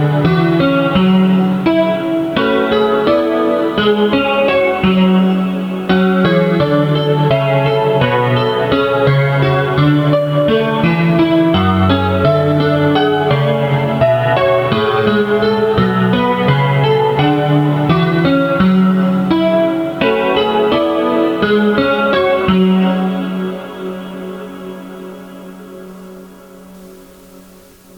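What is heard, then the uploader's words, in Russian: Signals from the Comintern radio tower ring out as a steady tonal melody, with rich, bell-like notes changing every fraction of a second over a sustained low hum. The tune stays full and even until about 22 seconds, then thins and fades away. Шуховская башня шлёт сигналы. Сигналы радиобашни Коминтерна, построенной инженером Владимиром Шуховым в 1922 году. Ловим позывные.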